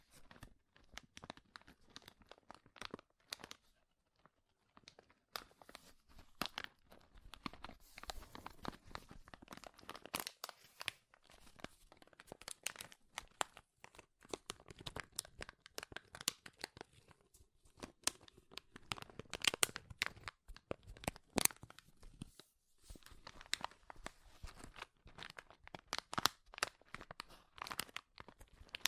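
Crinkling plastic or paper is handled in dense, irregular bursts of sharp crackles and crunches that reach up bright and high. The rustling runs nearly continuously for the whole half minute, broken by a few brief pauses around four, ten and twenty-two seconds.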